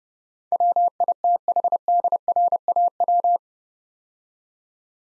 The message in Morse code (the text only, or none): WITHDRAW